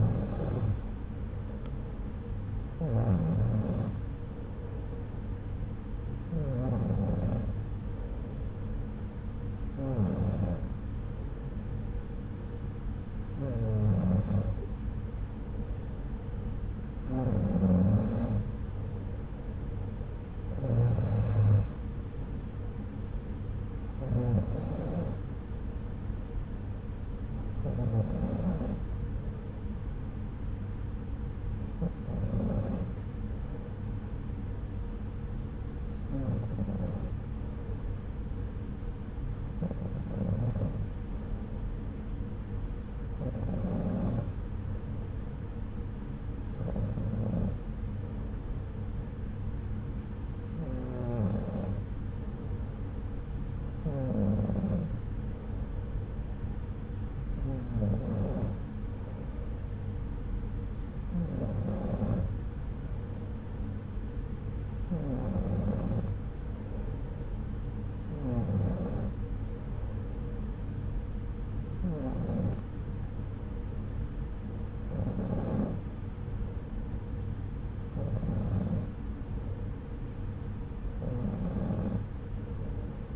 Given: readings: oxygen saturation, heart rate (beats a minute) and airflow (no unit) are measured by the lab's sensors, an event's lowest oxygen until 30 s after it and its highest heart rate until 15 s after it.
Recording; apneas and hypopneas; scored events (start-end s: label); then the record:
breathing in sleep by a smartphone at the bedside; none
none scored
From the record:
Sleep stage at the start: N2 (light sleep); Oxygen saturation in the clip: 93 to 94%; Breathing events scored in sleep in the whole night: 303 in 8.1 hours asleep